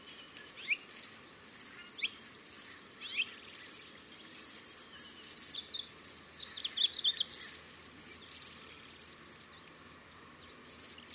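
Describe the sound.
Anna's hummingbird singing a long series of high, sizzling, scratchy phrases in rapid bursts separated by brief pauses, with thin squeaky notes mixed in.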